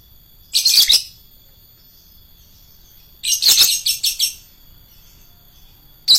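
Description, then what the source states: Lovebird giving two long, harsh, shrill chatters a few seconds apart, the second broken into several pulses, and a final clipped note at the very end. Adult lovebird of the fighter type.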